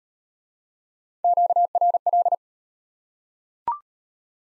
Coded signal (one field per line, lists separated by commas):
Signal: Morse code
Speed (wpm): 35 wpm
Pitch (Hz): 700 Hz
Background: none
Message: QRL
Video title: Top 20 QSO Elements - Speed-Racing - 25wpm